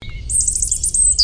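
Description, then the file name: European robin singing a brief phrase: a thin whistle, then a fast, very high, jumbled twittering run ending in a sharp high note, over a low steady rumble. "Erithacus rubecula"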